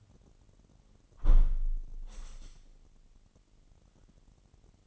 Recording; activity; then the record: daily activity, microphone in the room; close window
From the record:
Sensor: 4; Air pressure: 998.8 hPa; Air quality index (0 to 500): 120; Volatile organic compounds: 2 ppm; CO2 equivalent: 1179 ppm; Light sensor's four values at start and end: 9/22/9/10 and 9/22/9/10